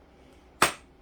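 A part is pushed home into the upright body of a Hoover Elite II vacuum (U4617-920), its clips snapping in. A single loud, sharp snap sounds at 0.6 s against quiet background, and the part is seated.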